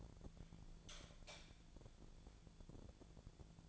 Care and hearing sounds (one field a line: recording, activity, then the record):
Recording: daily activity, microphone in the room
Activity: light on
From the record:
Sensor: 5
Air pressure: 1000.2 hPa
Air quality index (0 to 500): 97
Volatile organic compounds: 1 ppm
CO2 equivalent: 790 ppm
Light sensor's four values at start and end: 207/492/210/231 and 209/499/213/234